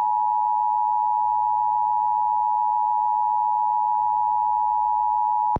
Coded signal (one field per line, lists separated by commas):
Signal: Emergency Alert System (SAME) tones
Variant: 853 and 960 Hz attention tone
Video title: [EAS] TORNADO EMERGENCY for Essex, IA (April 17, 2025)